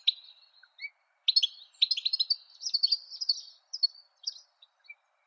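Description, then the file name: European goldfinch twittering song, soft and sparse, with thin high chirps and short tinkling phrases separated by gaps. "Golosa ptic - CSHegol Carduelis carduelis"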